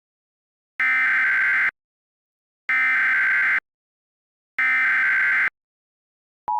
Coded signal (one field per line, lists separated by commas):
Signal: Emergency Alert System (SAME) tones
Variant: header bursts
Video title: EAS Scenario - The Corruption